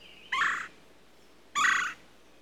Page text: Red Bellied Woodpecker Calls. Quick Sounds